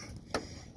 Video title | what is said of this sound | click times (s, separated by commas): 2016 GMC ACADIA LED INSTALL / CONVERSION | you heard it when it clicked in there now | 0.3 s